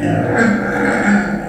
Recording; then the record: squeal of a Yucatan mini pig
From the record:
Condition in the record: after surgery on the right vocal fold (resection and tissue-engineered implant); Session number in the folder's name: 2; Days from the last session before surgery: 18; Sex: female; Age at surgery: 19 weeks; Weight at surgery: 25 kg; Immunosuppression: prednisolone